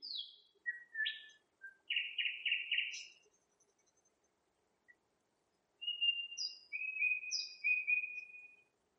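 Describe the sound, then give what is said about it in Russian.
Nightingales sing in bursts of rich, varied phrases: rapid high trills, buzzy rattles and clear whistled notes, separated by a short silence, with no voices present. “А соловьи были слышны во всем доме.”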